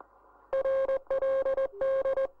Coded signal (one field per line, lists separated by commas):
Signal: Morse code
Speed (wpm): 18 wpm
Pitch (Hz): 540 Hz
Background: none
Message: RLD